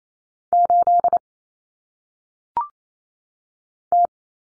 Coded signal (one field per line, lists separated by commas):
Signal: Morse code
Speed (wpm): 28 wpm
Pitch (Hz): 700 Hz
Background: none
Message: 8 T